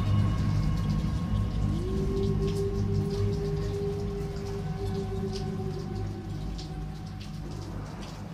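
Steady rain patters throughout at an even level amid wind, accompanied by a low sustained droning hum and a faint held tone that swells in midway and fades near the end.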